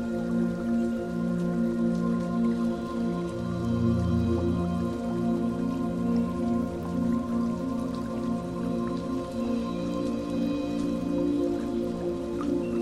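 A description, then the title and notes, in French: A gentle flowing river patters steadily beneath soft relaxation music of long sustained tones, with a low swell rising around the fourth second. Au bord de la rivière. Musique de relaxation avec le son de l'eau d'une douce rivière qui coule.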